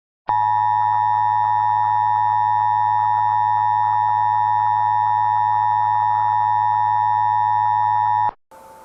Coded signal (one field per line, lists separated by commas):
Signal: Emergency Alert System (SAME) tones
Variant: 853 and 960 Hz attention tone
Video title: EAS Remake: First ever tornado emergency...